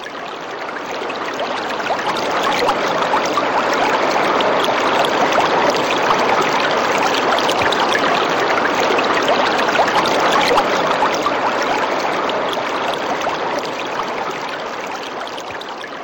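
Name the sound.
rushing stream water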